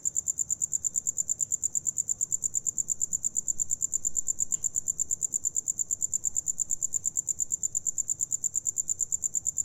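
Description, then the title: Cricket singing a sustained series of rapid, high, regular chirps, with one soft click partway through. Recorded inside an abandoned house in Carmen, Campeche, Mexico, using a TASCAM DR-100 mkII recorder and RODE NTG-2 shotgun microphone with deadcat. "Carmen, Camp., México - Grillo interior de casa abandonada"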